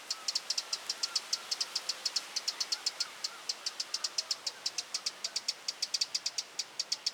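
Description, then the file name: Eurasian wren uttering a continuous series of sharp, dry ticks at a brisk rate, with faint soft whistles from another bird beneath. "Troglodytes troglodytes"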